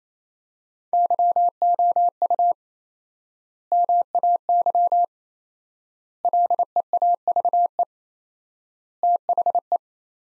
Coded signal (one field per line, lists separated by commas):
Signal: Morse code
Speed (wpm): 28 wpm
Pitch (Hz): 700 Hz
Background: none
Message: YOU MAY LEAVE THE